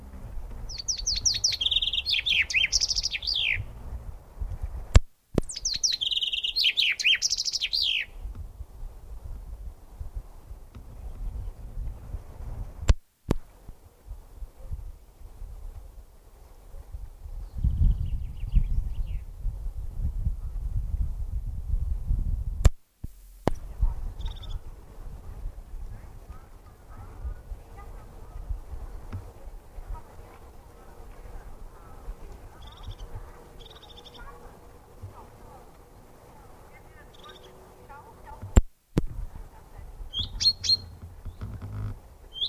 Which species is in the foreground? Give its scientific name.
Fringilla coelebs